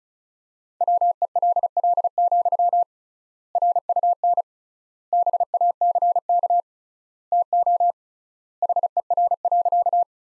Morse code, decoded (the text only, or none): WELL, RUN BACK TO HER.